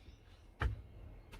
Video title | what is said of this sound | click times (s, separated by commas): FIAT Ducato campervan vanlife conversion tour | just using her legs again and that'll lock into place | 0.6 s